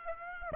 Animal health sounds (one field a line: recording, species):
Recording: mosquito wingbeat signal from an infrared sensor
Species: Aedes aegypti